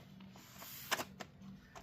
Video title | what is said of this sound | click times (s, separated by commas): ALL NEW TELESCOPIC LADDER | locks into place. | 1.2 s